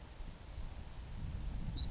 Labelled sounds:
Savannah Sparrow (Passerculus sandwichensis)
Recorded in Sonoma County, California

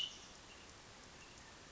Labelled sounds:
Cassin's Vireo (Vireo cassinii)
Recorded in Sonoma County, California

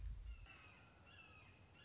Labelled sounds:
Red-shouldered Hawk (Buteo lineatus)
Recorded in Sonoma County, California

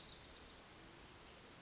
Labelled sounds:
Bewick's Wren (Thryomanes bewickii)
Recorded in Sonoma County, California

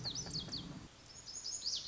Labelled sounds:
Lazuli Bunting (Passerina amoena)
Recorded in Sonoma County, California

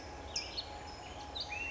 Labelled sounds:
California Towhee (Melozone crissalis)
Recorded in Sonoma County, California

